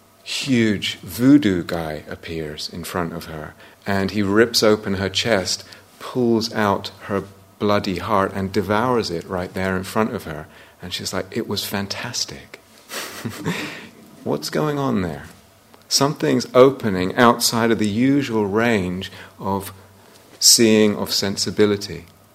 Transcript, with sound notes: huge voodoo guy appears in front of her, and he rips open her chest, pulls out her bloody heart, and devours it right there in front of her. And she was like, "It was fantastic!" [laughs] What's going on there? Something is opening outside of the usual range of seeing, of sensibility,